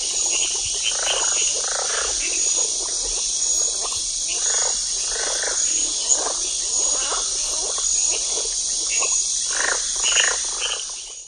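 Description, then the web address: Amazon river frog calls, a series of rhythmic clucking pulses, over a steady high-pitched insect drone. Frogs of the Ecuadorian Amazon, South America. "Nature Songs S America Frogs of Ecuadorian Amazon Rana palmipes"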